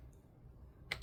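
A T8 Torx driver bit is turned in the stripped pivot screw of a folding knife, finds nothing to grip, and slips in the screw head with a sharp click at 0.9 s over quiet background noise. The pivot stays stuck, and the slipping is damaging the T8 bit.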